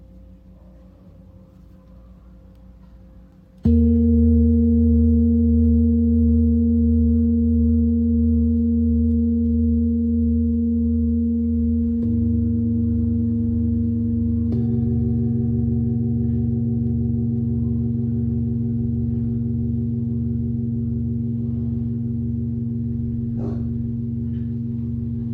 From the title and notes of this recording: 真夜中のTibetan Singing Bowl のサウンドヒーリング.